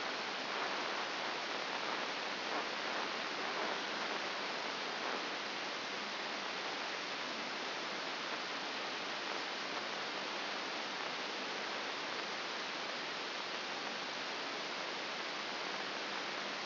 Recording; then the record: brain microelectrode recording played as sound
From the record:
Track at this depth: outside the subthalamic nucleus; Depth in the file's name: 6.501 mm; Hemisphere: left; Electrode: 2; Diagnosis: Parkinson's disease